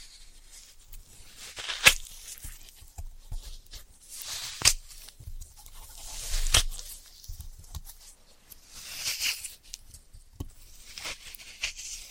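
Floral foam being handled: sharp, isolated taps or snaps land near 2, 4.6 and 6.6 seconds, with smaller clicks scattered between. Soft, hissy crumbling and rubbing swells up in several bursts, around 4.5, 6–7 and 9–10 seconds, over a quiet low rumble.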